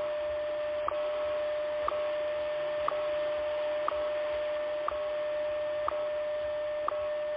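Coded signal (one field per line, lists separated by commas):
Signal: radio time signal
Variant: WWVH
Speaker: At the tone, 5 hours, 29 minutes.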